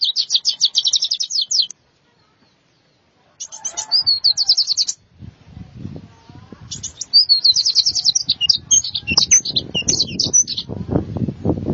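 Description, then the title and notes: White-eye song: buzzy high trills, a pause, then lively twittering phrases, while low rustling and knocking noise grows louder toward the end. "Suara kicauan burung pleci"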